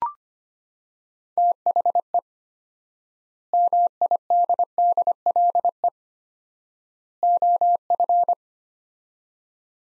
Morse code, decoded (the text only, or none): THE MIDDLE OF